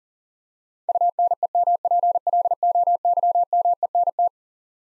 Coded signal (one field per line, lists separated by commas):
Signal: Morse code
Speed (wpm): 40 wpm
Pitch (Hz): 700 Hz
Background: none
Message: UNEMPLOYMENT